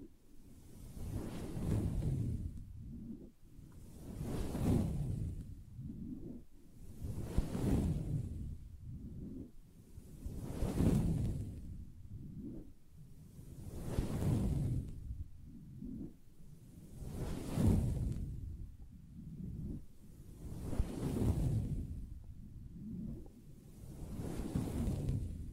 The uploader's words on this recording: Soft Fabric Surface Tapping & Scratching.